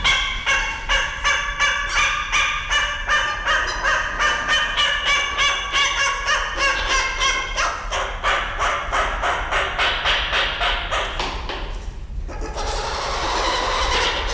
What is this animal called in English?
Malabar Pied Hornbill